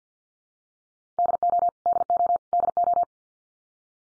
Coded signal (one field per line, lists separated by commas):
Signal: Morse code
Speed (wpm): 50 wpm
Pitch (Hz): 700 Hz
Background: none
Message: DO DO DO